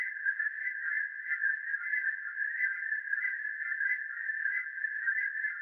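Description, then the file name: Cicada buzzing as a continuous, level hum with a slight flutter, holding the same pitch from start to finish. "Zeitrauschen Zikaden"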